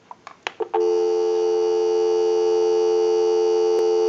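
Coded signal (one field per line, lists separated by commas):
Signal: telephone call progress tone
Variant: North America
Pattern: dial tone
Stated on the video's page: Western Electric Trimline telephone being checked out and repaired.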